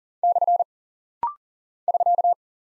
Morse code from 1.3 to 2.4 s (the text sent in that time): <SK>